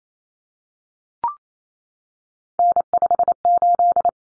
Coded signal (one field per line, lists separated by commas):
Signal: Morse code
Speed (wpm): 28 wpm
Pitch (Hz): 700 Hz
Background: none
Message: N58